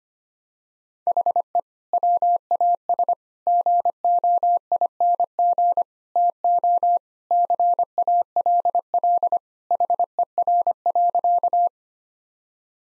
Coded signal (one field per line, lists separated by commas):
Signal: Morse code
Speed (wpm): 25 wpm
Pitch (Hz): 700 Hz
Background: none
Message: HE WAS GOING TO CALL HER.